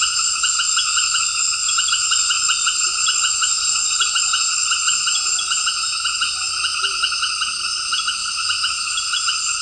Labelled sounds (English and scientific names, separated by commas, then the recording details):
none
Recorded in dense forest near Puerto Asís, Putumayo, Colombia, on 9 March 2025 at 18:30
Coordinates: 0.484, -76.325
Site G045